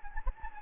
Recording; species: mosquito wingbeat signal from an infrared sensor; Anopheles gambiae